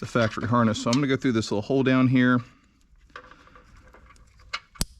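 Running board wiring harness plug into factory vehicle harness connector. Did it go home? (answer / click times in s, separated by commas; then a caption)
yes / 4.5 s, 4.8 s. Someone talks, then routes the female plug of the Boost Auto Lumistep M1 running-board wiring harness through a small hole and pushes it into the factory harness connector of a 3.0L LZ0 AT4 truck, with quiet handling rustles. Two sharp clicks ring out at 4.5 and 4.8 seconds as the plug seats in the connector.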